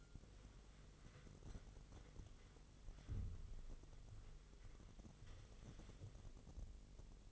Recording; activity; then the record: daily activity, microphone in the room; wipe stove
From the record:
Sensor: 4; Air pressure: 1004.1 hPa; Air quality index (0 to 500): 158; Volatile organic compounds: 2 ppm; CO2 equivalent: 1122 ppm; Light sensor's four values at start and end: 14/32/13/14 and 14/33/13/14